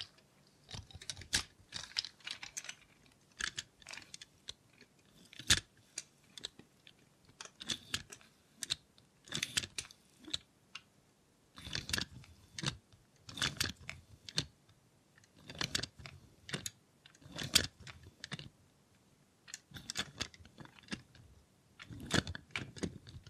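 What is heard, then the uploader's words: ASMR sounds made with a robot hand: a steady run of sharp clicks, taps and crisp crunching noises, arriving in quick irregular clusters throughout. Brief pauses separate the bursts, and a faint low hum sits underneath. Try ASMR with a Robot Hand (No Talking).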